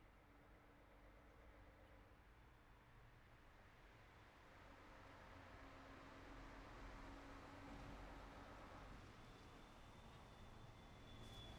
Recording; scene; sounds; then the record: everyday scene through a hearing-aid microphone; in traffic; traffic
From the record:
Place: city secondary road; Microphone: behind the ear, right, front